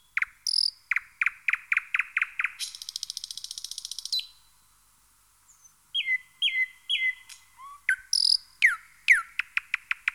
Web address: chants d'oiseaux Jean C Roche - Rossignol progne